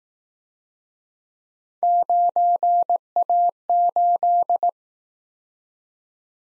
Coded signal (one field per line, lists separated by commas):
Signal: Morse code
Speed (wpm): 20 wpm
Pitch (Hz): 700 Hz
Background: none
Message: 9A8